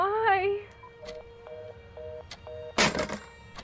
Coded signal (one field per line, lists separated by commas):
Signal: telephone call progress tone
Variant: North America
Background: speech, music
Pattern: reorder tone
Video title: The Dead Wife's Phone Call: 10 Years Too Late "Behind The Door" | Fiction Podcast